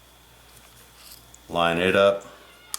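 The upper and lower receivers of an AR-15 rifle are lined up at the forward pivot pin while someone talks from about 1.5 to 2.1 s. There is a faint tick at 1.3 s and a sharp tick at 2.7 s, but the pin has not seated or clicked yet.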